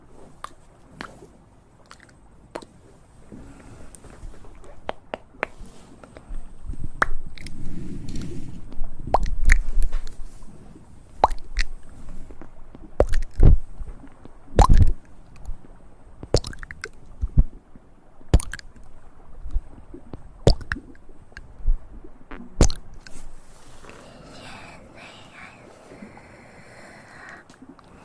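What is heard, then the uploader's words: Mouth sounds: a run of wet clicks, smacks and squishy noises, irregular and scattered across the clip, some sharp and bright. Around 7 to 10 seconds a low, soft murmur swells underneath, and near the end the clicks thin out into a faint airy hiss. ASMR Best Mouth Sounds.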